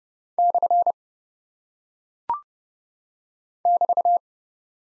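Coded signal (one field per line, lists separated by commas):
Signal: Morse code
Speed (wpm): 30 wpm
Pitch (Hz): 700 Hz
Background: none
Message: / <BT>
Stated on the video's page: Head-copy practice of single punctuation and prosign characters at 30 wpm; each is sent in Morse, spoken, then sent again.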